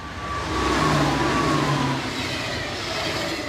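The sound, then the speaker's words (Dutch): A train rushes past with a steady, broad roar, swelling in the first second and holding loud before easing slightly, with faint tonal whines running through the noise. No one speaks. “Maar ja, het is natuurlijk hetzelfde een beetje als je op het perron staat en er raast een trein voorbij.”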